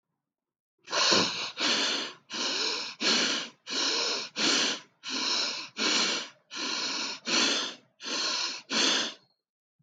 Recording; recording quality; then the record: shallow breathing; excellent, no background noise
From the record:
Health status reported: healthy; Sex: male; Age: 57 years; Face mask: not worn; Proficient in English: yes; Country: India